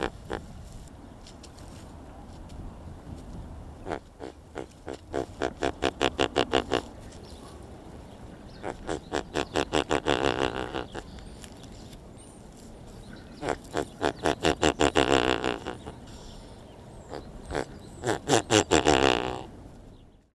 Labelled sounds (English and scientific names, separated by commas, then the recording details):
Great Bustard (Otis tarda)
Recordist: Tembrock, Günter
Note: Lautfolgen eines Hahnes